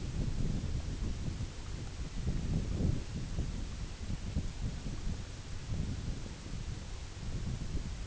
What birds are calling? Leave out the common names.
Gavia stellata